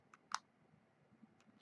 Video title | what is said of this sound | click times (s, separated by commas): Scaventure for a Friend! | hear that click and there's | 0.3 s